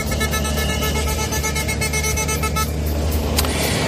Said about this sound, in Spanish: Segundo día consecutivo de protestas de los agricultores en las carreteras de toda España. Se repiten las escenas de los tractores impidiendo el tráfico mientras los conductores y los transportistas esperamos atrapados en el atasco.